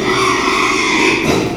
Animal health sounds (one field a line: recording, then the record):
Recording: squeal of a Yucatan mini pig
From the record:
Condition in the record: after surgery on the right vocal fold (resection and tissue-engineered implant)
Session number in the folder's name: 1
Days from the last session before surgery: 6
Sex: male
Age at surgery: 12 weeks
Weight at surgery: 13 kg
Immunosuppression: cyclosporine, prednisolone